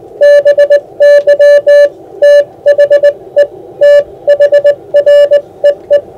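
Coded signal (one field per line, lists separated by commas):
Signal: Morse code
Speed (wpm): 19 wpm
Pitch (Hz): 580 Hz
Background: music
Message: BY THE THREE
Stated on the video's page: Re-transmission of the historic VE Day message from Bletchley Park to Camp X, sent by radio clubs on the 70th anniversary.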